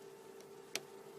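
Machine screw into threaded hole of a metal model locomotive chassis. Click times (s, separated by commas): 0.8 s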